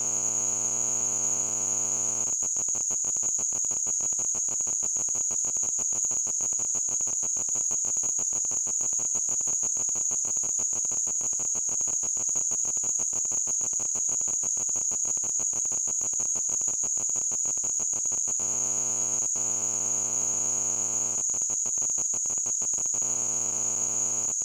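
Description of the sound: A steady, piercing high-pitched whistle holds without a break for about 24 seconds, over a faint rapid buzzing hiss. It is a simulated tinnitus sound, imitating the constant ringing a person with tinnitus hears with no outside source.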